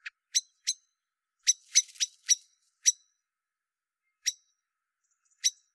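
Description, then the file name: Common blackbird calls, sharp high clicking notes in irregular bursts, some closely spaced, others spread out by a second or more. "Turdus merula"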